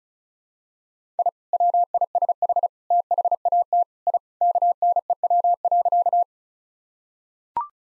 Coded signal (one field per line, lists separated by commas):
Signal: Morse code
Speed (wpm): 34 wpm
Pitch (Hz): 700 Hz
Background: none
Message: I WISH THAT I KNEW.